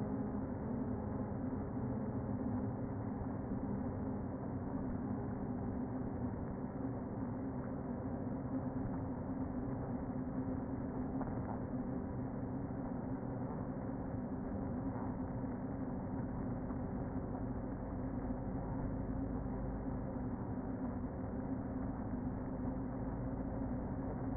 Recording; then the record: honeybee colony, microphone inside the hive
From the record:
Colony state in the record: queen present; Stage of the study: before two queens were removed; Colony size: about 60,000 bees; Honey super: yes